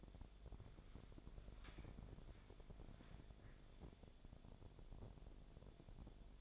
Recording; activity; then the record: daily activity, microphone in the room; walk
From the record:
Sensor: 5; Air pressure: 1000.6 hPa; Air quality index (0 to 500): 135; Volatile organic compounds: 2 ppm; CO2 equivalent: 1054 ppm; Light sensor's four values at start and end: 45/104/43/44 and 45/104/43/44